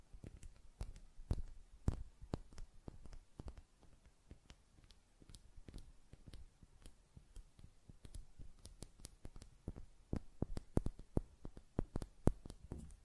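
Fingernails tap and flutter in quick, irregular bursts of sharp clicks, each one crisp and bright with a soft low thump beneath. The taps come several per second throughout, thinning briefly around the middle before growing busier again, over a quiet background.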